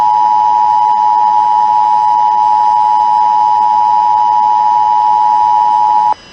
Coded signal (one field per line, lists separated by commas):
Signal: Emergency Alert System (SAME) tones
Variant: 853 and 960 Hz attention tone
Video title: EAS Child Abduction Emergency Colorado Statewide Alert